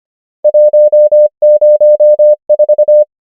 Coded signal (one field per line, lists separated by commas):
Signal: Morse code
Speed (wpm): 25 wpm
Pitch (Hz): 600 Hz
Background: none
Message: 1 0 4